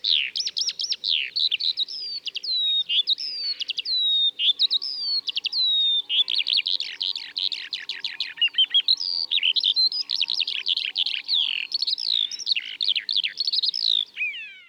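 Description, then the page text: Eurasian skylark song, a continuous rapid outpouring of high chirps, trills and slurred whistles with barely a pause, steady loud delivery throughout. Recorded in Ladakh. "eurasian skylark – Birds of Ladakh"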